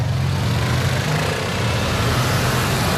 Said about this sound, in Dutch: Het is avondspits in Belgrado en dat betekent zoals altijd veel verkeer in het centrum. En ook veel stank van uitlaatgassen. Er rijden hier nog veel oude auto's rond.